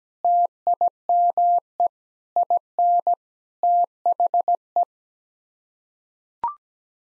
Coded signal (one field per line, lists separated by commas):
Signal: Morse code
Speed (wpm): 17 wpm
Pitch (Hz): 700 Hz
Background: none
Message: TIME IN THE